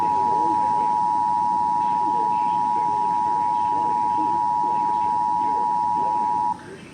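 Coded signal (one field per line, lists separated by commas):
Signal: Emergency Alert System (SAME) tones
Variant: 853 and 960 Hz attention tone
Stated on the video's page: Flood Warning alert tones received on FM radio.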